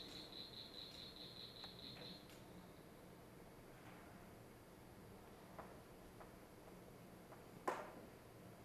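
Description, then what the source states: Northern cricket frog calling, a rapid train of high, dry clicking pulses lasting about two seconds before stopping, then quiet background hiss with a single sharp knock near the end. Call likened to two metal balls clicking together or a Geiger counter; longer than the southern cricket frog's, starting slow, speeding up, then slowing down again.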